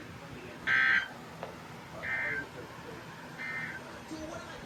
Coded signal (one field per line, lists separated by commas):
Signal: Emergency Alert System (SAME) tones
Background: speech